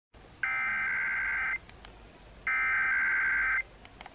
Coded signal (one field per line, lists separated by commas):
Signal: Emergency Alert System (SAME) tones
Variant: header bursts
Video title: Monday Morning Weeklies (EAS #3039-3046)